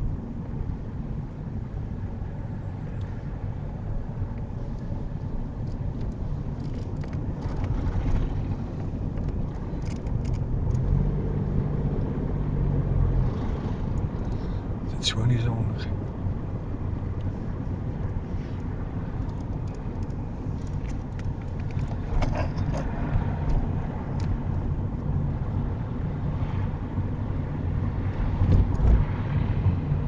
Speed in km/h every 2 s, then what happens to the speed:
19, 21, 26, 29, 32, 37, 35, 32, 27, 26, 26, 26, 27, 27, 27.
0-10 speeds up to 37. 10-18 slows to 26. 18-30 steady at about 26.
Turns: none.